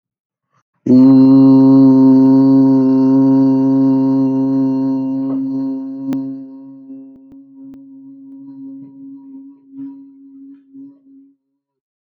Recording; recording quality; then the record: sustained vowel as in boot; excellent, no background noise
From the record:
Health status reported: healthy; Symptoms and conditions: none ticked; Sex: male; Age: 36 years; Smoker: not ticked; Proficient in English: yes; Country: India